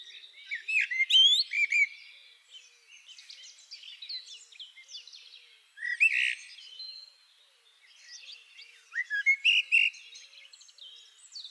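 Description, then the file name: Common blackbird singing three phrases a few seconds apart, each with whistled and higher twittering notes, over faint background sounds. "Turdus merula"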